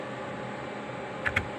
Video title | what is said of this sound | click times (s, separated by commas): Main Components of 🖥️ ,Assembly & Port Connectivity. | Push करना है। अपने आप लॉक हो जाता है। लॉक हो गया। | 1.3 s, 1.4 s